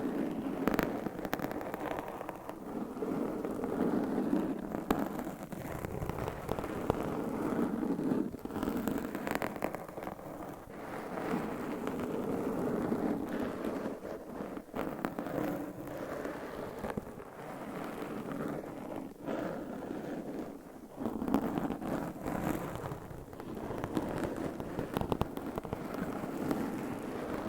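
Nails scratching over microphone covers make a dense, steady rasp that fills the whole clip, strongest in the low-middle range with crackly grit above. Short sharp clicks and pops are scattered throughout, and the texture shifts slightly every few seconds without pausing.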